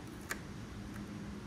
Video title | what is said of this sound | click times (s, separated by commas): HOW To Install C8 Corvette Z06 Scrape Armor Radiator Guards! | to make sure that that key fits in and you could kind of see it just pop into place right there so now we can push down | 0.3 s